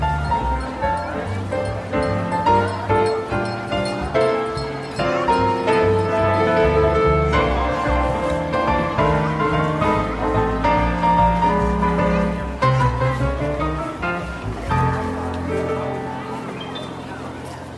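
Holiday jazz tunes play on the piano, with full chords changing every second or two over a walking low bass line. The playing stays steady and dense throughout, easing slightly softer in the last couple of seconds.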